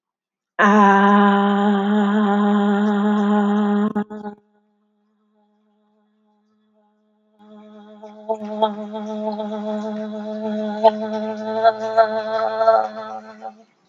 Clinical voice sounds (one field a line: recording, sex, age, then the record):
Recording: vowel held as long as possible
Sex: female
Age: 40 to 49 years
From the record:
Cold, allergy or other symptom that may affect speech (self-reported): no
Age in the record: 45 years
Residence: Pennsylvania, United States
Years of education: 17